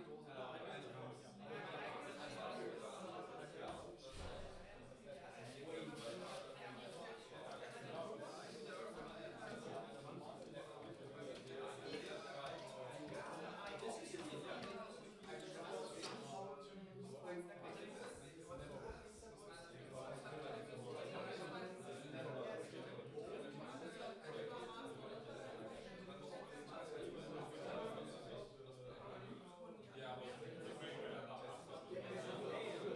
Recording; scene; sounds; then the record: everyday scene through a hearing-aid microphone; many people talking; many voices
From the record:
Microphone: in the ear canal, left